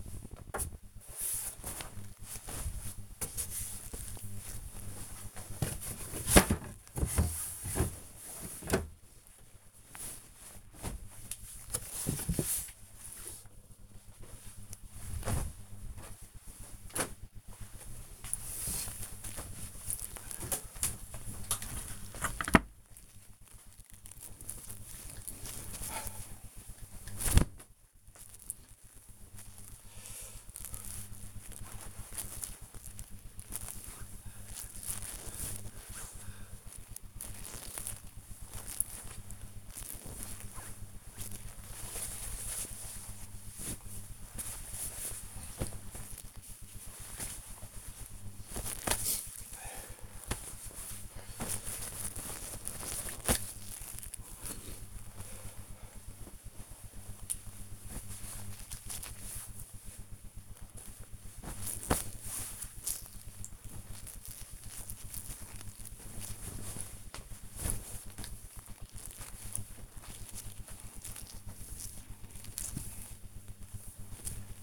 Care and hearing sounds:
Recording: household activities, microphone on the right wrist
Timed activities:
0.00-74.63 s: tidy up the wardrobe

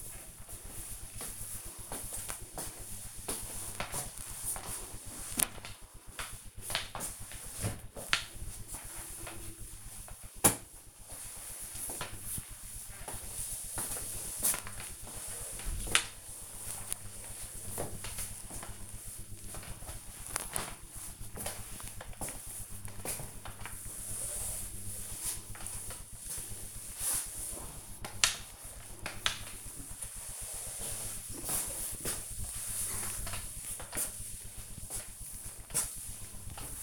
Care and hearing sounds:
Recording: household activities, microphone on the right wrist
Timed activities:
0.00-36.83 s: floor cleaning

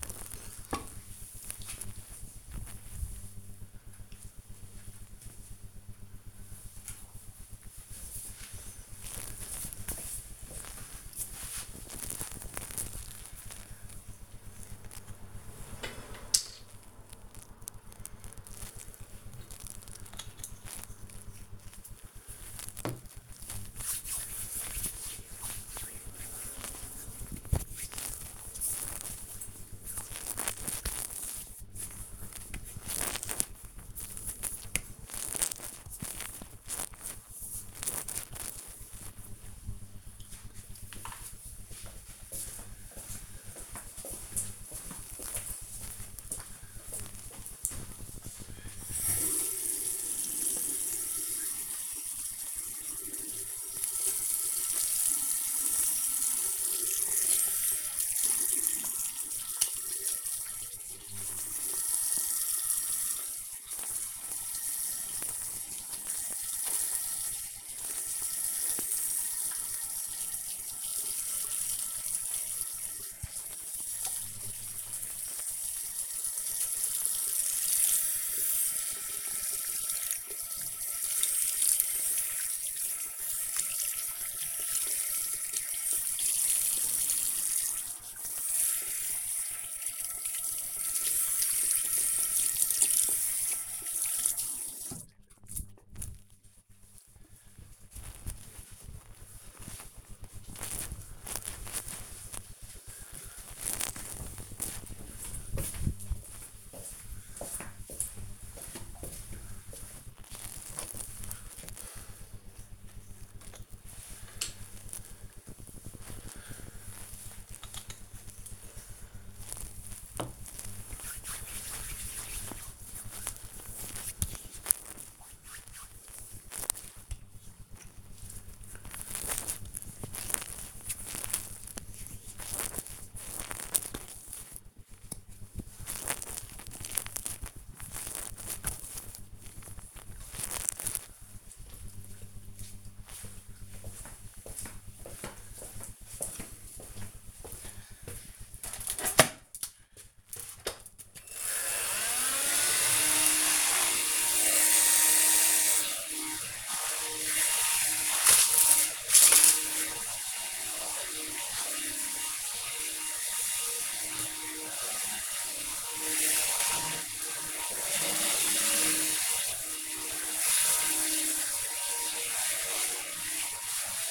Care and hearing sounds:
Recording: household activities, microphone on the right wrist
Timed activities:
15.38-37.57 s: cream hands
50.66-96.01 s: washing hands
113.14-139.35 s: cream hands
151.47-174.11 s: vacuum cleaning

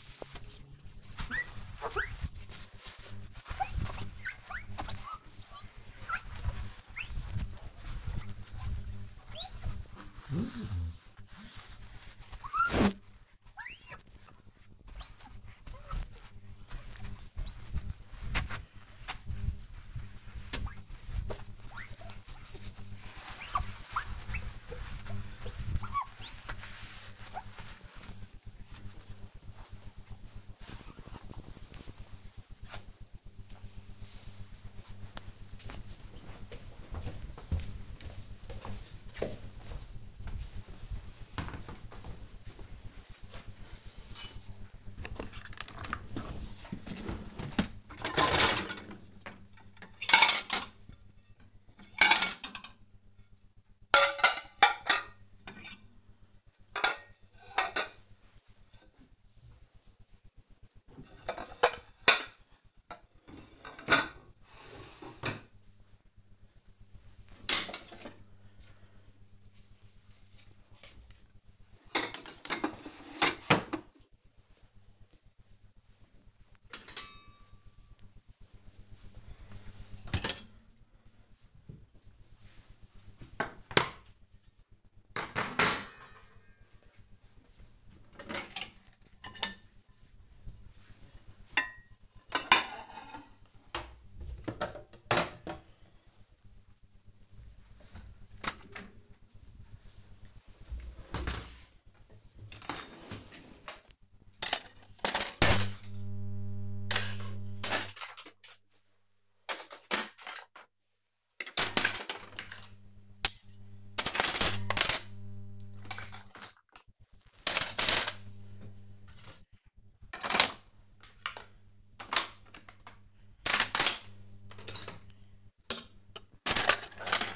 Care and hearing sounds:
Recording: household activities, microphone on the right wrist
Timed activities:
0.00-29.41 s: window cleaning
44.51-127.36 s: cleaning out the dishwasher

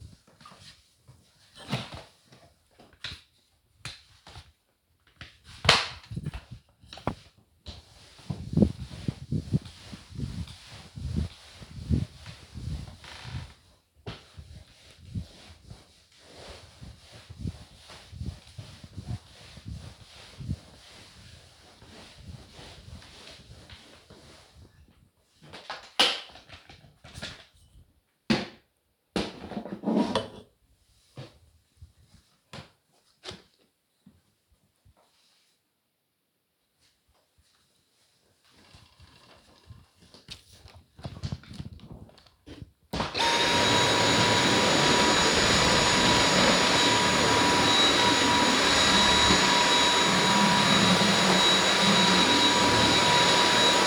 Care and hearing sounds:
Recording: household activities, microphone on the right wrist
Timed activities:
0.00-33.10 s: floor cleaning
43.13-53.86 s: vacuum cleaning

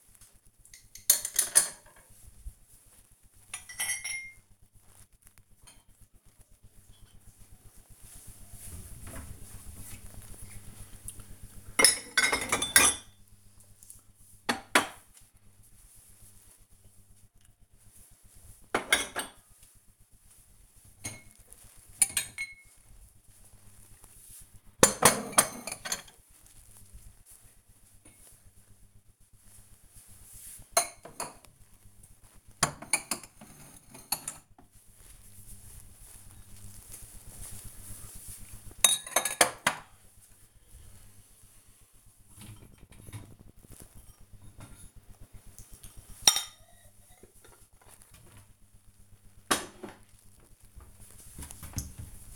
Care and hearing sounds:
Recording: household activities, microphone on the right wrist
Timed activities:
0.00-52.36 s: cleaning out the dishwasher

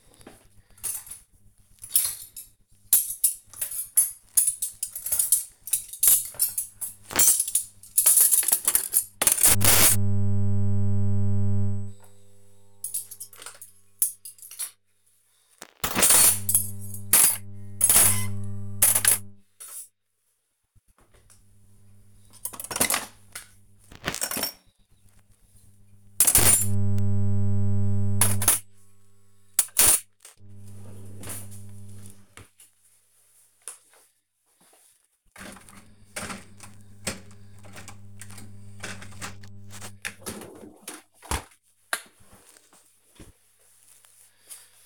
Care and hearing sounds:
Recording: household activities, microphone on the right wrist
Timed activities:
0.00-42.43 s: cleaning out the dishwasher

